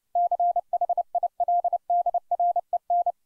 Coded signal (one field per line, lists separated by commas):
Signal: Morse code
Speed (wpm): 30 wpm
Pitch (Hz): 700 Hz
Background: none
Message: CHILDREN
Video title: 30 wpm Morse Code Practice - Casey at the Bat